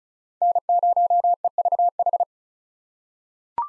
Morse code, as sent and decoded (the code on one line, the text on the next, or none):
-. ----- . ...- ....
N0EVH